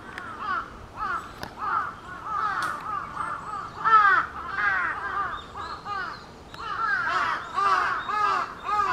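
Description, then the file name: Large-billed crow giving many harsh caws in bursts separated by brief lulls. Recorded 22 July 2021. "20210722 hashibutogarasu"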